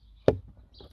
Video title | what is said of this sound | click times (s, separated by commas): Audi tweeter speaker rattle FIX and disassemble tutorial (A4 B9, A5 F5, Q5 FY, Q7 4M) | and you can hear it pop | 0.3 s